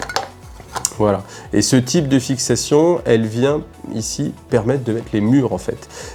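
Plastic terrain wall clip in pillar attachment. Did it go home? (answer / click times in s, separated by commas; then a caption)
released / 0.8 s. A plastic terrain wall is unclipped from its pillar attachment on a clip-together wargame terrain piece. Small handling clicks come first, then a sharp snap at 0.9 s as the clip releases. After that someone talks for the rest of the clip.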